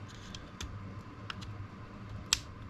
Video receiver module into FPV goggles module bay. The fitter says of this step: oh nice click yeah that's inside oh wow